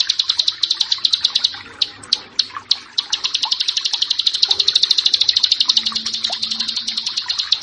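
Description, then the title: Prinia song of quick, high, ticking notes repeated in a fast run that grows denser toward the end. "Ciblek Sawah"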